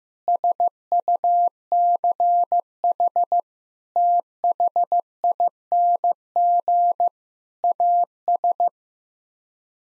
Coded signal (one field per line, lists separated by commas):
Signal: Morse code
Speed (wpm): 15 wpm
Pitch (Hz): 700 Hz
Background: none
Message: SUCH THING AS